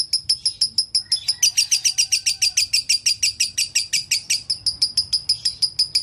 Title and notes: Kicauan Kenari Durasi Panjang. Masteran Burung Lengkap